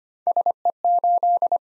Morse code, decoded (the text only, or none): SE8